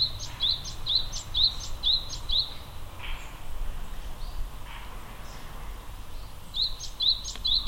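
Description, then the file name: Japanese tit song: sharp rising notes repeated rhythmically about twice a second, a pause, then the notes resume, over low background noise. Recorded at Akasaka on 2 March 2022. "sijuukara 20220302 akasaka"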